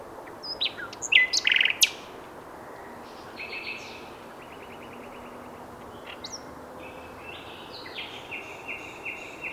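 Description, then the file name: Common nightingale singing several varied phrases of sharp whistles, rapid rattling trills and buzzy notes, separated by short pauses, over a constant low hiss. "Luscinia megarhynchos"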